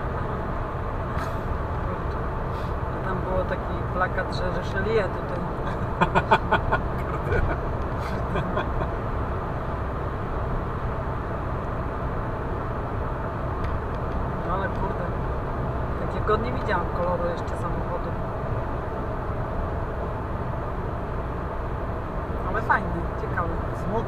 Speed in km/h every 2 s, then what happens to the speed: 116, 116, 116, 116, 116, 115, 115, 115, 115, 112, 109, 108.
0-24 steady at about 115.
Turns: none.